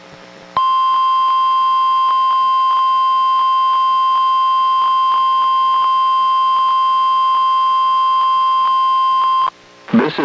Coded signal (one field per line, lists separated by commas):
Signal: Emergency Alert System (SAME) tones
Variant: 1050 Hz attention tone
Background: speech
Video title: EAS #949: NWR Required Weekly Test- July 17, 2024- 11:19AM PDT